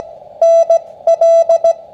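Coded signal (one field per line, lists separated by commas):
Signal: Morse code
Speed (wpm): 17 wpm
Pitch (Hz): 660 Hz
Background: none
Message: NL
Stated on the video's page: CW Parks on the Air activation on 20 m from a portable station, using a G90 into an end-fed random wire with a home-brew 9:1 transformer.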